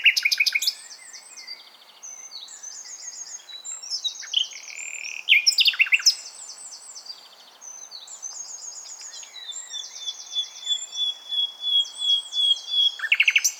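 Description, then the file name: Common nightingale song: dense, changing phrases of fast rattles, buzzes and chirps, closing with a rhythmic series of repeated notes growing louder. "Luscinia megarhynchos"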